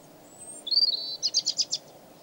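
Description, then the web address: European robin song: a very thin, high whistle, then a warbled note and five loud, rapid, falling notes repeated in a row. "robin singing"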